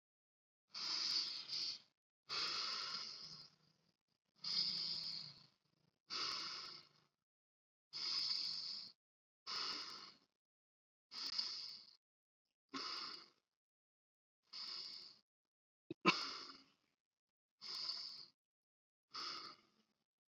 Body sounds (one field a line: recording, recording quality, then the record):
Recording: deep breathing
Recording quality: excellent, no background noise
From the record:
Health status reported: COVID-19 positive, mild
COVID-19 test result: positive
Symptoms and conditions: cough, cold, sore throat, fever, fatigue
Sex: male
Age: 26 years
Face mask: not worn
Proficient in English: yes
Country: India